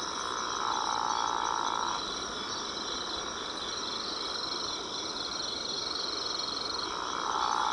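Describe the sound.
Physalaemus atlanticus frog giving a long, steady call, then another starting near the end, with a constant shrill insect chorus throughout.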